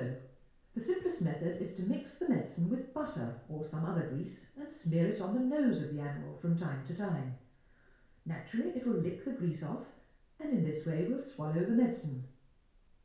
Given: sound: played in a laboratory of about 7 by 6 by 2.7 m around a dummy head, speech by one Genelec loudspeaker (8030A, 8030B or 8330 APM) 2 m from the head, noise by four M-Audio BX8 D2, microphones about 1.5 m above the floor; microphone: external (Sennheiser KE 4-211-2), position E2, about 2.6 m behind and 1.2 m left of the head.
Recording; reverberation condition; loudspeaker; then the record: female speech in English; medium; behind (180 degrees)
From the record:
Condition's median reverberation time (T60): about 510 ms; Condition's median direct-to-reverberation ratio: about -0.5 dB